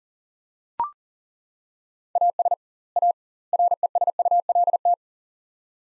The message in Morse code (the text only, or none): AS A RESULT